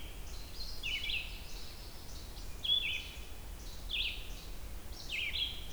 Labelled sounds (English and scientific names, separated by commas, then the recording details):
Red-eyed Vireo (Vireo olivaceus) song
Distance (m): 40 m
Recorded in boreal forest in Alberta, Canada, on 28 June 2016 at 07:38
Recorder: SongMeter 3, array SBT-6-79
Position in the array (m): 107 m, 210 m